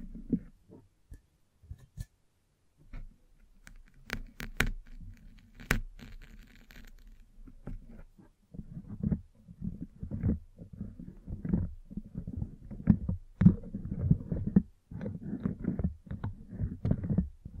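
Brushing and scratching on a microphone, with low, rumbling scrapes that come in dense bursts, especially from about eight seconds on. Sharp clicks and taps snap through early, near two, four and six seconds, and again near thirteen seconds.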